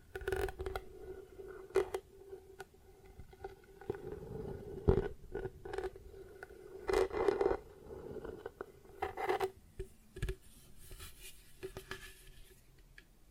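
Plastic objects tap and scratch in irregular bursts, sharp clicks scattered throughout with denser scraping around four, seven and nine seconds.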